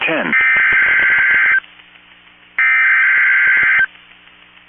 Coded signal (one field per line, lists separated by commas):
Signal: Emergency Alert System (SAME) tones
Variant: header bursts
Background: speech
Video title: Pretty rare, Snow squall warning on KEC65 #EAS,203